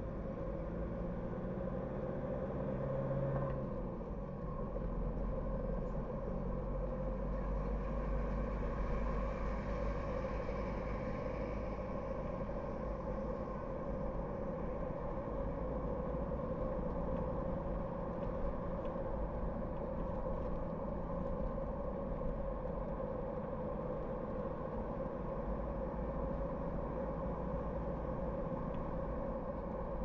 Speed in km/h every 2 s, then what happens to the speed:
36, 43, 46, 48, 53, 54, 55, 56, 59, 61, 62, 57, 56, 55, 60.
0-17 speeds up to 61. 17-30 steady at about 57.